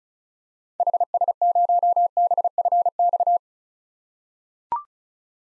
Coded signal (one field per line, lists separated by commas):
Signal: Morse code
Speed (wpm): 34 wpm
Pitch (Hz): 700 Hz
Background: none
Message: HS0BFX